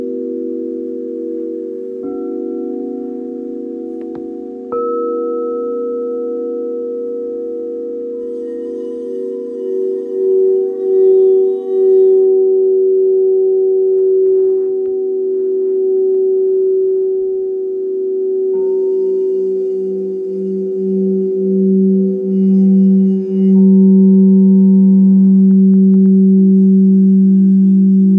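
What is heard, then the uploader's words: Sound bath of singing bowls holding steady, layered ringing tones, with new strikes near 2, 5 and 19 seconds adding a lower pulsing hum. Live Virtual Sound Bath.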